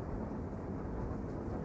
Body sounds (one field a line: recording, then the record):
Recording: background sound without coughing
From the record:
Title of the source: Train Ride Ambience ambient white noise for sleeping, focus, studying, reading